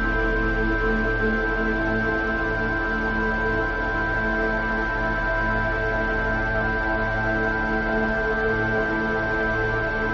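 A steady tone at 1565 Hz holds unchanged for the whole ten seconds. It sits among several other constant pitches and a deep hum. Low down, a soft throbbing rises and falls irregularly, while the overall loudness stays level throughout.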